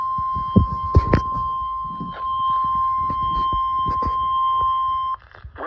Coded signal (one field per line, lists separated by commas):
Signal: Emergency Alert System (SAME) tones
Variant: 1050 Hz attention tone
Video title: WEEKEND SEVERITY CHAOS... (EAS ALERTS 6120-6186 FROM 08/29-31/24)